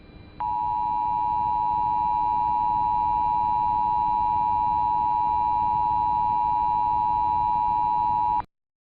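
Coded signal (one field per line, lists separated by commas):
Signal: Emergency Alert System (SAME) tones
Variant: 853 and 960 Hz attention tone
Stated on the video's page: Fictional mock EAS alert for the Mountain States.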